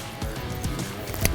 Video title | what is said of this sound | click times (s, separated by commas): 2019 -2022 FORD RANGER CREE LED HEADLIGHTS INSTALLATION (From F150LEDs.com) | plug it into the truck's wiring you'll hear it click into place | 1.1 s, 1.2 s